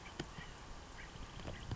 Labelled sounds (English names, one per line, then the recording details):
Acorn Woodpecker
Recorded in Sonoma County, California